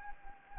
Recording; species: mosquito wingbeat signal from an infrared sensor; Anopheles gambiae